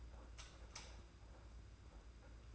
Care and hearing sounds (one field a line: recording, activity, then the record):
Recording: daily activity, microphone in the room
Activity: light off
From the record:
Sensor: 2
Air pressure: 991.8 hPa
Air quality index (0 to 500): 226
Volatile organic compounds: 1000 ppm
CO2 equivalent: 7575 ppm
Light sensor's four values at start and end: 17/47/18/18 and 11/27/11/11